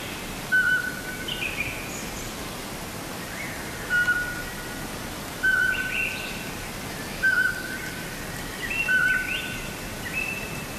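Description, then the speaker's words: Eurasian Pygmy Owl's plain piping whistle repeated five times at irregular gaps. Songbirds give no mobbing or alarm calls at this individual because it specializes in hunting rodents and poses no threat to them. "No mobbing calls on the call of the pygmy owl."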